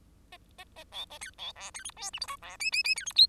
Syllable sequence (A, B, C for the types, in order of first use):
A A A B C B D C E F G H I D J J J C E K